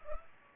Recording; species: mosquito wingbeat signal from an infrared sensor; Culex pipiens